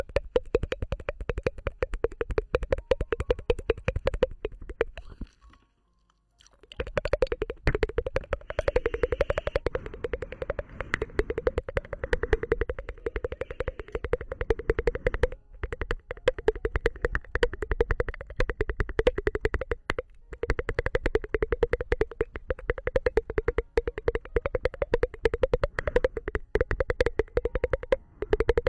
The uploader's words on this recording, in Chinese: 无人声弹舌音（敲暴力）。